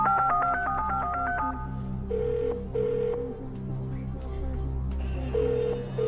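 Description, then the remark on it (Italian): A telephone number is dialed to call a friend, as a quick run of about a dozen short touch-tone beeps, followed by a few longer, steady tones, all over a low, droning musical bed. “Voglio telefonare a un amico.”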